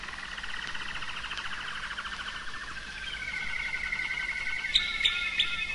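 Canary song: rapid rolling trills around mid-high pitch, shifting between steady buzzy rolls and faster chattering phrases, with a few sharp high notes near the end.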